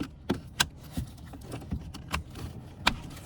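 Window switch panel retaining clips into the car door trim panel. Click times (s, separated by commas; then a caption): 0.6 s, 2.2 s, 2.9 s. The plastic window switch panel of a 7th gen Maxima front door is pushed back into the door trim panel, one side first and then the back side. Sharp plastic clicks are heard at 0.6, 2.2 and 2.9 seconds as its retaining clips snap in, with fainter ticks and handling noise between them. The clips seat and the panel is in place.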